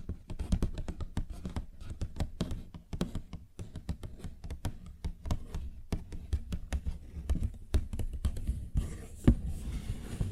Paper Bag Tapping and Scratching Sounds